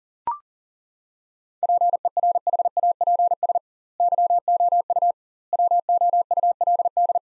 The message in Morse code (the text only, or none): PERHAPS YOU WOULD